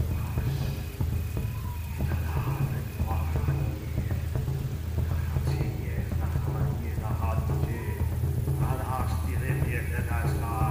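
An eerie village ambience with a steady, dense low drone and rumble filling the whole clip. Faint murmuring voice-like sounds and scattered clicks and creaks drift in and out above it, with a soft hiss of rain-like noise underneath.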